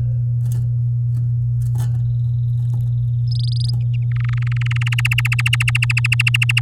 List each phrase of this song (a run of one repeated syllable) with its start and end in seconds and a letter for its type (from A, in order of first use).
3.28-3.70 A, 4.11-5.21 B, 5.25-6.60 C